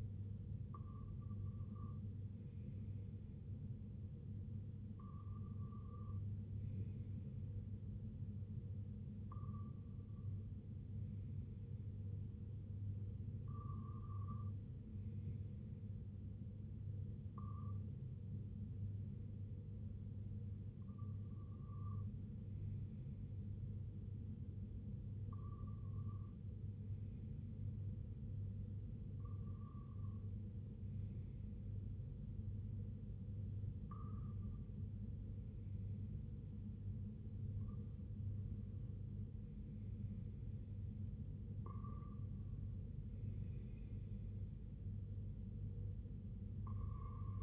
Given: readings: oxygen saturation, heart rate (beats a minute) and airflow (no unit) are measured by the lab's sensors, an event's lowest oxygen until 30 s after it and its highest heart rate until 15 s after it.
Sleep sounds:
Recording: breathing in sleep by a smartphone at the bedside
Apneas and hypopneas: 1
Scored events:
23.00-40.00 s: hypopnea (N2, oxygen 95% highest, then 94% lowest, heart rate 61 at the start, 73 highest)
From the record:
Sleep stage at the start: N2 (light sleep)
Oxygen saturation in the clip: 93 to 95%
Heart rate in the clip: 61 to 73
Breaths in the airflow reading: 11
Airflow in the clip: -6.2 to 3.9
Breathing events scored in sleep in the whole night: 258 in 7.4 hours asleep

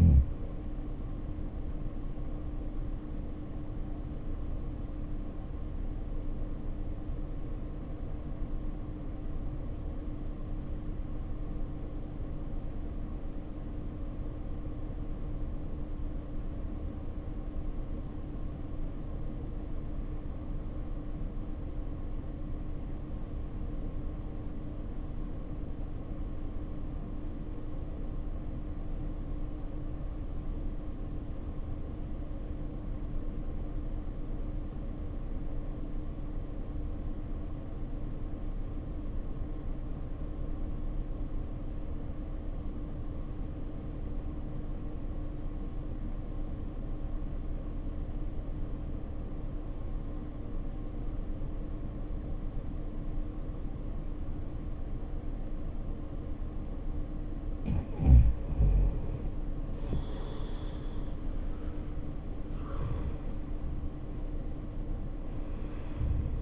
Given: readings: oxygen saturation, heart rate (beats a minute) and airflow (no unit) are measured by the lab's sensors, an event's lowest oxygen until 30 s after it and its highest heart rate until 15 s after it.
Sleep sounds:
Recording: breathing in sleep by a smartphone at the bedside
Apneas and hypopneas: 1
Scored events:
10.00-57.60 s: obstructive apnea (REM, oxygen 94% highest, then 68% lowest, heart rate 60 at the start, 88 highest)
From the record:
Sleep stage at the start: REM sleep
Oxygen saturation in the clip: 71 to 94%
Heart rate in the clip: 59 to 88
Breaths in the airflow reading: 4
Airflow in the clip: -10.2 to 9.5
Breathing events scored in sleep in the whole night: 520 in 7.2 hours asleep

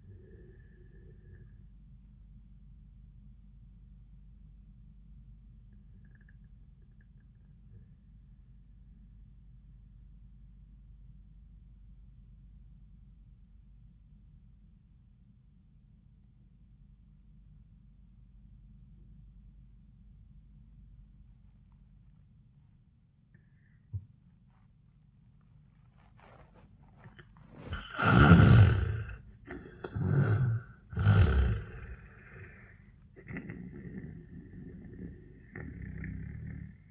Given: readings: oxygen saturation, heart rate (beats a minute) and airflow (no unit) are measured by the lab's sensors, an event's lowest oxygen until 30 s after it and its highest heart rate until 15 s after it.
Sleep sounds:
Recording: breathing in sleep by a smartphone at the bedside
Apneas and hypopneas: 1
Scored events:
6.00-27.90 s: obstructive apnea (N1, oxygen 98% highest, then 76% lowest, heart rate 82 at the start, 97 highest)
From the record:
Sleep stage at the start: N1 (lightest sleep)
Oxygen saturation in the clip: 80 to 98%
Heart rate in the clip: 74 to 98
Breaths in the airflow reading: 2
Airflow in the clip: -15.0 to 7.8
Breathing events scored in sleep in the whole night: 400 in 8.7 hours asleep

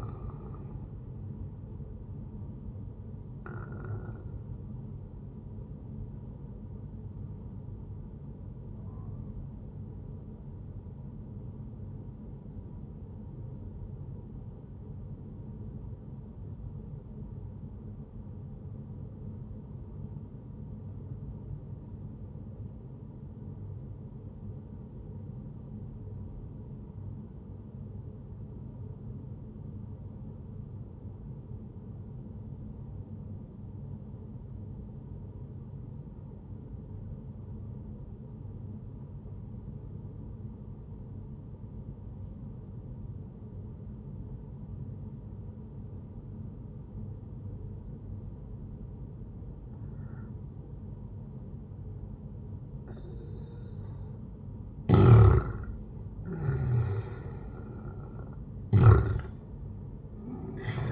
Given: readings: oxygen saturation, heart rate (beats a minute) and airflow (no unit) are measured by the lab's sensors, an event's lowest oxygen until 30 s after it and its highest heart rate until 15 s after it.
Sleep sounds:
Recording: breathing in sleep by a smartphone at the bedside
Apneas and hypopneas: 1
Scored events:
7.00-53.30 s: obstructive apnea (N1, oxygen 98% highest, then 92% lowest, heart rate 69 at the start, 75 highest)
From the record:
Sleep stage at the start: N1 (lightest sleep)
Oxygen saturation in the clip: 90 to 98%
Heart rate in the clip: 58 to 76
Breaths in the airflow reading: 2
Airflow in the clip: -11.1 to 12.2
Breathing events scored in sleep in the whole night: 131 in 7.2 hours asleep

